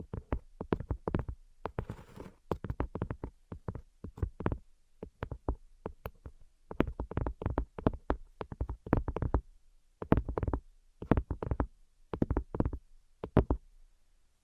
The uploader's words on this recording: ASMR Invisible Tapping and Scratching (No Talking).